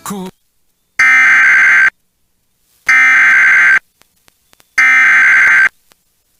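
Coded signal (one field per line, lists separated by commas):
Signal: Emergency Alert System (SAME) tones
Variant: header bursts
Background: speech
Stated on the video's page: Real severe thunderstorm EAS alerts received from an FM broadcast station in Laredo, Texas.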